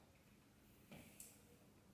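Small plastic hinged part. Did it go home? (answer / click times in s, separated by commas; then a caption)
no / none. A folding, movable part of a newly unboxed home decor item is handled and pushed toward its locked position. Over a quiet background there is a soft rustle near 0.9 s and a short, bright tick around 1.2 s. The part has not yet snapped into place, so nothing has seated or clicked.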